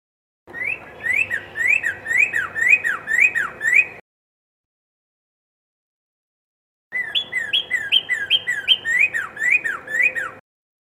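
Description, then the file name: Red-crested cardinal song: two bursts of rapid, repeated whistled rising-falling notes, about three and a half seconds each, separated by a silent gap. Song variation 3. "suara kicauan burung red crested cardinal variasi 3 omkicau"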